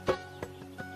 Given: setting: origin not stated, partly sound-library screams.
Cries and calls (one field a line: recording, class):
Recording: one-second piece from a danger detection set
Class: normal situation